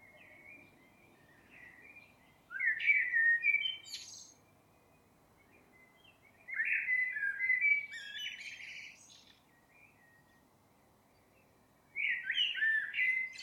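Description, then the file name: Eurasian blackbird giving three mellow warbled phrases spaced several seconds apart, each a fluted run ending in higher, scratchy twitters. "Turdus merula"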